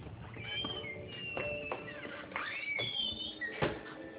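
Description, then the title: Domestic cat giving several short, high, bending meows and chirps over about four seconds, mixed with scattered sharp knocks and clicks. "My cat"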